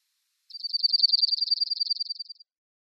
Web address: Schulze Peter Dark-eyed Junco song